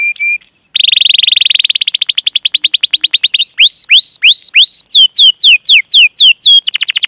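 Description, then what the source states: Canary song: brief whistles, a rapid rising trill, then strings of rising and falling whistled slurs repeated in quick succession. Kept songbird for bird-keeping hobbyists; lively singer with the finest song phrases and a rich fill-in repertoire.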